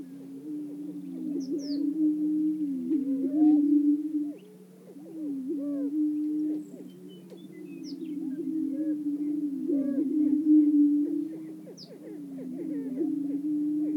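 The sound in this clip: Greater prairie-chickens booming: low, sustained hollow moans swelling and fading in waves, with scattered cackling whoops and occasional thin high notes above.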